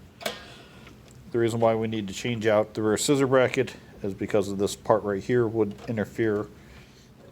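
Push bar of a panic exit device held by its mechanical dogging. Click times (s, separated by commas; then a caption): 0.3 s. The push bar of a door panic exit device is pressed in and held down by its mechanical dogging, locking into place with a sharp tick at 0.3 s. Someone then talks over a quiet background for the rest of the clip.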